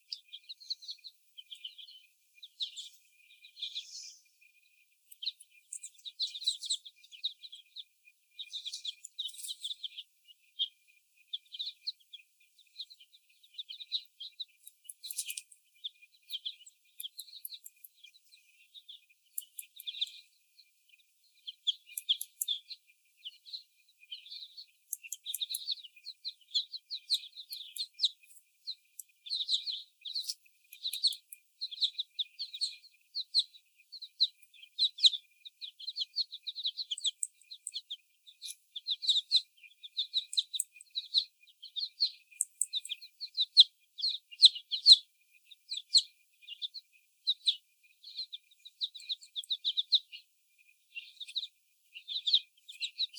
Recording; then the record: young laying hens in a cage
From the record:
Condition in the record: before the stressor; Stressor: sudden umbrella opening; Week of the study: 1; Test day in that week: 1